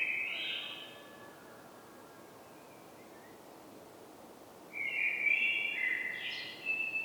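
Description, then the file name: Common blackbird song: the end of one fluty phrase, a long quiet pause, then a second warbled phrase with higher scratchy notes. "Turdus merula"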